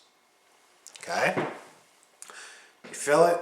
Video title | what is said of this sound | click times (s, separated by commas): Aspire Triton | you do is turn this piece the top piece around it clicks in place and opens | 0.9 s